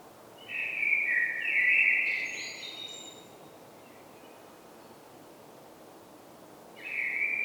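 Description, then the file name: Common blackbird song. A leisurely warbling phrase of mellow whistles runs about three seconds, then silence with light hiss, then another fluty phrase begins near the end. "Turdus merula"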